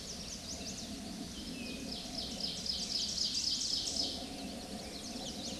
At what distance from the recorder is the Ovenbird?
about 50 m